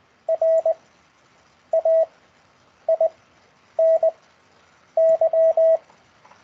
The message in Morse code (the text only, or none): R A I N Y